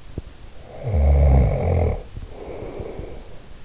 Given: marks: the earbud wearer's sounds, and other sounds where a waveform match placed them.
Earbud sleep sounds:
sounds in sleep by an in-ear microphone; snoring breath
0.62-3.33 s: snoring breath

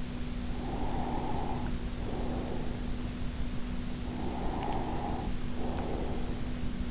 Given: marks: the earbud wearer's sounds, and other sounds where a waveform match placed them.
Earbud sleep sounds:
sounds in sleep by an in-ear microphone; breath
0.30-3.02 s: breath
3.68-6.91 s: breath

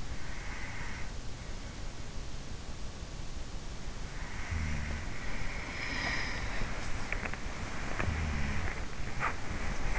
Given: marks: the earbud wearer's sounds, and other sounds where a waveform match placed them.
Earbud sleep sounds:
sounds in sleep by an in-ear microphone; breath
0.00-2.01 s: breath
3.91-7.03 s: sound from someone else or the room
7.78-9.99 s: sound from someone else or the room

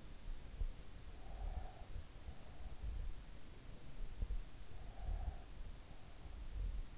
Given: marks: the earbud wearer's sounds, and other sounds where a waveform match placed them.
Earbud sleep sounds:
sounds in sleep by an in-ear microphone; breath
0.88-2.55 s: breath
4.68-6.50 s: breath

